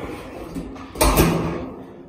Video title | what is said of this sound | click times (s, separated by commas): Osborne Big Wheel 45 bushel Outdoor Pig Feeder Assembly and Review | goes down and closes, it just doesn't latch shut | none